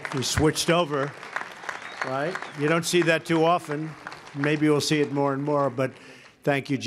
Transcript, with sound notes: He switched over, right? (Applause.) You don’t see that too often. Maybe we’ll see it more and more. But thank you, Jim.